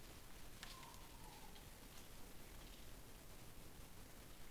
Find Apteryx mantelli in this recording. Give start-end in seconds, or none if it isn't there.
none